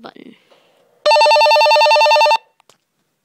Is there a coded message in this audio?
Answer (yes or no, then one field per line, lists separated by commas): no